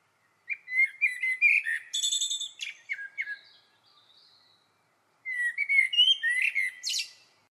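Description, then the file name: Eurasian blackbird song in two phrases: rich whistled warbles followed by a rapid, buzzy high trill, then a second mellow phrase closing with a high squeaky note. "Turdus merula"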